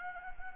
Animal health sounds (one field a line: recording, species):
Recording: mosquito wingbeat signal from an infrared sensor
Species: Anopheles gambiae